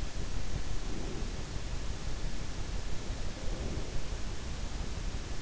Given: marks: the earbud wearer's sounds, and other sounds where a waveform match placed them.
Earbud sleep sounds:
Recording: sounds in sleep by an in-ear microphone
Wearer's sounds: breath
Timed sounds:
0.64-1.36 s: breath
3.43-4.08 s: breath

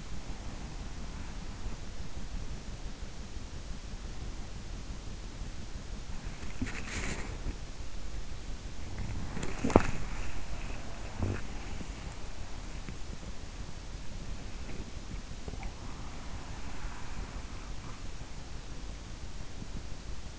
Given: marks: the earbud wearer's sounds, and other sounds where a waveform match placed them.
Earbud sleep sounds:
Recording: sounds in sleep by an in-ear microphone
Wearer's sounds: breath, body movement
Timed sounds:
0.15-1.81 s: breath
6.03-20.39 s: body movement
15.75-18.03 s: breath

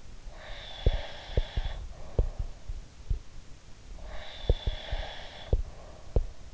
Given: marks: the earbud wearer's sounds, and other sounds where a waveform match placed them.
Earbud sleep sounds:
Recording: sounds in sleep by an in-ear microphone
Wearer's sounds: breath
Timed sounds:
0.21-2.89 s: breath
0.80-3.26 s: sound from someone else or the room
3.92-6.54 s: breath
4.42-6.54 s: sound from someone else or the room

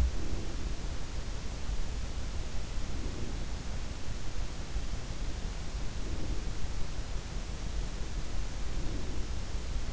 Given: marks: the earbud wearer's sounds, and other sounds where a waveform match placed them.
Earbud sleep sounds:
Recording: sounds in sleep by an in-ear microphone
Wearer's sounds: breath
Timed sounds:
0.00-0.85 s: breath
2.77-3.74 s: breath
5.55-6.78 s: breath
8.55-9.67 s: breath

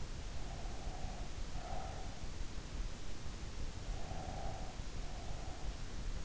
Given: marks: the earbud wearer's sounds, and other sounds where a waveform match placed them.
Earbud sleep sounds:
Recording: sounds in sleep by an in-ear microphone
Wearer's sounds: breath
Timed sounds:
0.58-2.31 s: breath
3.66-5.77 s: breath

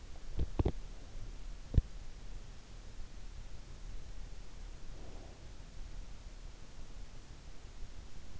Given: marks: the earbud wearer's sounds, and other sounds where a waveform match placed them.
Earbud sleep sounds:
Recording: sounds in sleep by an in-ear microphone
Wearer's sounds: teeth grinding, breath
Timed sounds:
0.00-2.29 s: teeth grinding
4.52-6.04 s: breath

